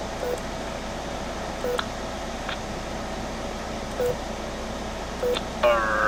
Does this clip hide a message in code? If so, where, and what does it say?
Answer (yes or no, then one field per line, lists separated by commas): no